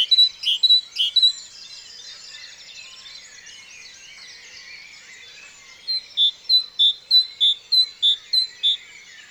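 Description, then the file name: Great tit song: a brief burst of high notes at the start, then after a quieter gap a steady run of many rapid repeated notes. "Parus major"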